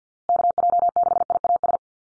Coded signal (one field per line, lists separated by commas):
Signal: Morse code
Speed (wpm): 50 wpm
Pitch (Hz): 700 Hz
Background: none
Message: KJ6IAS